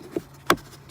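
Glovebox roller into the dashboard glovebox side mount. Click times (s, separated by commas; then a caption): 0.5 s. During a cabin air filter replacement with a K&N washable filter on a 2004–2008 Acura TSX, a glovebox roller (stop) is put back and slid into its plastic side mount in the dashboard glovebox. A faint tap at 0.2 s is followed by a sharp, loud snap at 0.5 s as the roller seats firmly into place.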